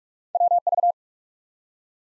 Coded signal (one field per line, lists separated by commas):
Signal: Morse code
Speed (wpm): 44 wpm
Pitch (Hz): 700 Hz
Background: none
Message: WV